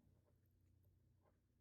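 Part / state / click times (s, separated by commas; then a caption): bracelet spring bar into watch case lugs / not seated / none. A metal bracelet end link with its spring bar is handled against the lugs of a vintage Submariner-style watch case, and only faint low rustling and small handling sounds are heard. Nothing has seated or clicked yet; the spring bar is not yet home in the lug holes.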